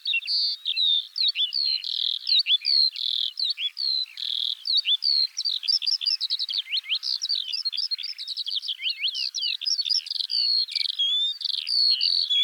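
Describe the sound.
Eurasian skylark singing a long, unbroken outpouring of sharp rising and falling whistles mixed with rattling chirps, fast and ever-changing.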